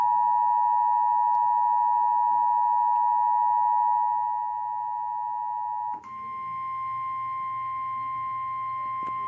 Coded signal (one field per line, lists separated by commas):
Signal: Emergency Alert System (SAME) tones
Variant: 853 and 960 Hz attention tone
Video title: Emergency Alert System-Severe Thunderstorm Warning #2